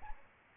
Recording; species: mosquito wingbeat signal from an infrared sensor; Aedes albopictus